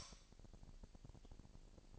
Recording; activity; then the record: daily activity, microphone in the room; light off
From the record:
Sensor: 5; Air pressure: 1002.0 hPa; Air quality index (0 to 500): 229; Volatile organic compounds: 32 ppm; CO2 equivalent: 2991 ppm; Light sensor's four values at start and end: 16/37/15/16 and 16/37/15/16